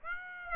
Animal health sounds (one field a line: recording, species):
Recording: mosquito wingbeat signal from an infrared sensor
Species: Aedes aegypti